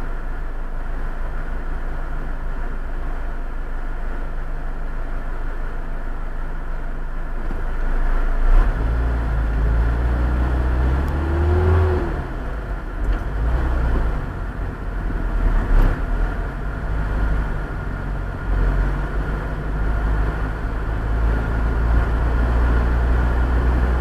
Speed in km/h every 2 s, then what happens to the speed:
0, 0, 0, 0, 0, 11, 18, 23, 29, 35, 42, 47.
0-8 standing. 8-24 pulls away to 47.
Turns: none.